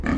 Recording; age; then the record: pig call; growing-finishing pig (85 days or more)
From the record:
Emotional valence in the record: negative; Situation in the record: barren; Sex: female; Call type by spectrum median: low-frequency call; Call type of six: low-frequency tonal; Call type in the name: low-frequency stable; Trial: 3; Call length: 0.19 s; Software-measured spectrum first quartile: 199 Hz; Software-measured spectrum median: 363 Hz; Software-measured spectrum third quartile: 1329 Hz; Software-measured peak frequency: 244 Hz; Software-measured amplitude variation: 163 dB a second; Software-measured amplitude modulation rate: 21.5 a second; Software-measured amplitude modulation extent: 7.6 dB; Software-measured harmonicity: 0.9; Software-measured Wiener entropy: -1.99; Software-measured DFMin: 668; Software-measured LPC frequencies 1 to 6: 278, 1159, 1756, 2301, 3130, 4023 Hz